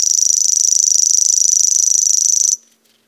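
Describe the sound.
Grasshopper buzzing in a high, fast pulsed trill for about two and a half seconds, then stopping suddenly, followed by quiet.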